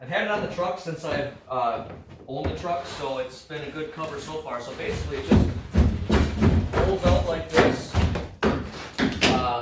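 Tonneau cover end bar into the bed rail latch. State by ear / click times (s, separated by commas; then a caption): seated / 8.4 s. Someone talks while the end bar of a roll-up tonneau cover on a Ford F150 is pulled up and snapped into the bed rail latch. A loud snap at 8.4 s marks the end locking in place.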